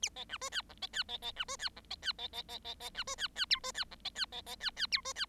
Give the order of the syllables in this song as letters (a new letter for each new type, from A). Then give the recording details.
A B C D E F B E B B C D E F B E B B B B B C D E E G D E F B E B B E E G D E. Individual Bird7